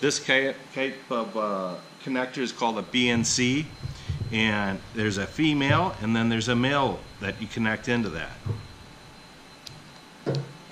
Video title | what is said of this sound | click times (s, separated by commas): WITC Broadband Academy Security Cameras, Cable and Connectors | and that locks into place like that. | 9.7 s, 10.3 s